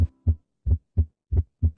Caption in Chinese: 正常的心脏声音。 痛特痛特，就是两个声音啊。 就是很清晰，很清晰，感觉很有力量。 收缩舒张，收缩舒张这样子。